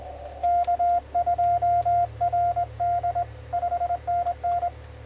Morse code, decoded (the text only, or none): K2RD 5NN